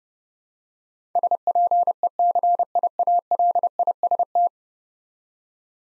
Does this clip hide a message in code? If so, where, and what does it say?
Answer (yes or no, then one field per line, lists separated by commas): yes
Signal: Morse code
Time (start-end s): 1.2-4.5 s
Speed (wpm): 32 wpm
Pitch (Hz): 700 Hz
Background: none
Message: SPECIALIST